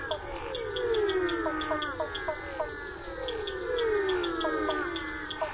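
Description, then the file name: Natterer's dwarf frog calls in a dense chorus: many descending notes repeating rapidly and overlapping, with steady high pulsing above. "Physalaemus nattereri"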